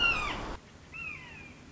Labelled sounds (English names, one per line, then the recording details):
Red-shouldered Hawk
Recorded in Sonoma County, California